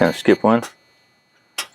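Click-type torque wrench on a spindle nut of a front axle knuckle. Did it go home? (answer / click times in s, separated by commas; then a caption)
yes / 1.6 s. Someone talks briefly while a click-type torque wrench tightens a spindle nut on the front axle knuckle of a 1988 Ford Bronco to 35–40 ft-lb. After a quiet pause, a single sharp click is heard at 1.6 s as the wrench reaches its setting, confirming the nut is torqued.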